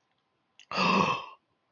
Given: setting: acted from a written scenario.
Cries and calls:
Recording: vocal sound without words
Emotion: awe

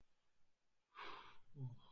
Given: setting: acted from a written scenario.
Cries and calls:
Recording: vocal sound without words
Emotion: ecstasy

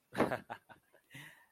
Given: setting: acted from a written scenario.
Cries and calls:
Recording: vocal sound without words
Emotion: amusement

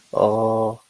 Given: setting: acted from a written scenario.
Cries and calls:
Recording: vocal sound without words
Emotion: guilt

